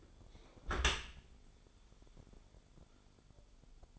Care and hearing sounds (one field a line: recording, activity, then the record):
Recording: daily activity, microphone in the room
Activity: close dishwasher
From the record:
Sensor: 5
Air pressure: 1015.0 hPa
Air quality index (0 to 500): 169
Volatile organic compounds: 5 ppm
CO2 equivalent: 1831 ppm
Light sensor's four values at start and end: 38/92/37/41 and 38/90/37/40